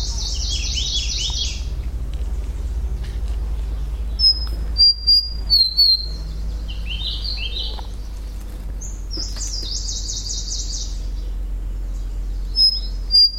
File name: warbler-large-billed-leaf -Phylloscopus-magnirostris